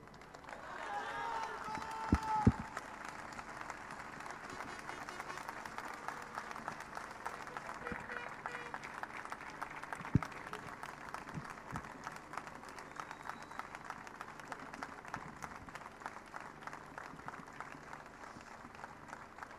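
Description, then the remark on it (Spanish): Sustained audience applause at a street tribute to Alejandro Cabrera Britos, a dense steady wash of many hands clapping for about twenty seconds, with a few louder claps and shouts standing out. “Vamos con un aplauso más para los chicos de Pergamino”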